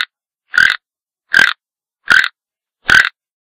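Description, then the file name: Toucan croaks: short, hoarse, frog-like notes repeated steadily, roughly one every three quarters of a second, with silence between them. "Sonido del Tucán"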